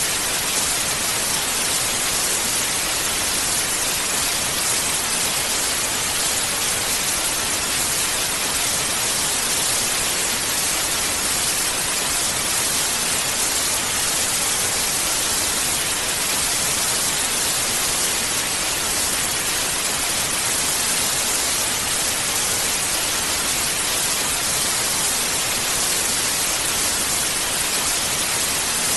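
Television static hisses without a break, a dense, even wash that tilts toward the bright, high end with little low rumble. The level holds flat for the whole stretch, with no events, pauses or changes, only a fine grainy flicker throughout.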